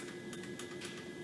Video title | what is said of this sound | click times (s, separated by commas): Rescued Ranger Part Deux | You hear that little click? | 0.6 s